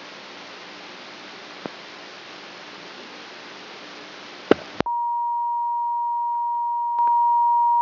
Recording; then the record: brain microelectrode recording played as sound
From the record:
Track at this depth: outside the subthalamic nucleus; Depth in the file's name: 7.067 mm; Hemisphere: left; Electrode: 3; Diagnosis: Parkinson's disease